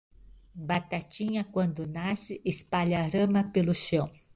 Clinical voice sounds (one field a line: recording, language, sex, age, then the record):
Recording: short text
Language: Brazilian Portuguese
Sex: female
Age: 60 to 69 years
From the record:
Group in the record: control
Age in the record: 60 years